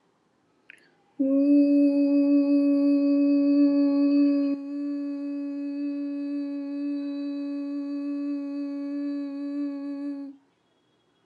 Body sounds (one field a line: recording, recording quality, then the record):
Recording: sustained vowel as in boot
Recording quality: excellent, no background noise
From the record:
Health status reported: COVID-19 positive, mild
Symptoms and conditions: cough, fever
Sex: female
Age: 50 years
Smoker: not ticked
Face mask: not worn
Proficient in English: yes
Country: India